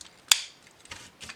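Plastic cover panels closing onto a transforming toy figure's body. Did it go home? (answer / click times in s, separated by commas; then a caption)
yes / 0.3 s. Two plastic cover panels are closed over the body of a crowdfunding-exclusive Transformers Legacy dinosaur figure (Sarras) during its transformation. A sharp snap at 0.3 s shows the panels clicking shut and seated, followed by faint handling rustles.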